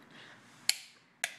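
A click-type torque wrench tightens a connecting rod nut on a small block Chevy 383 stroker engine. Two sharp, bright clicks sound at 0.7 s and 1.2 s over a low background hum. The wrench clicks at its setting, confirming the nut is torqued to 45 ft-lbs.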